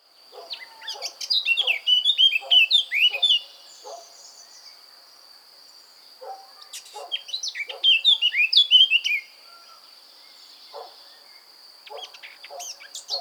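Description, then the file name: Eurasian blackcap song: two rich, fast warbled bursts of whistled notes, each about three seconds long and separated by a pause, with the start of a third at the very end. Soft ticking and a steady high hiss continue throughout. "Sylvia atricapilla"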